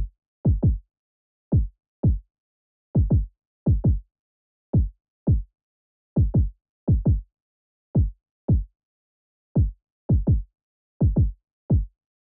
Heartbeat. 112bpm.